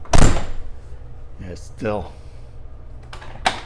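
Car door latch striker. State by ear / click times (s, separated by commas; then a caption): not seated / none. After being adjusted, a classic car's door is shut and closes with a heavy thunk near 0.1 s, then someone talks, and another sharp knock comes at about 3.5 s. The door latch has not caught on the striker; the door may be bouncing back off the weather stripping, so nothing has latched yet.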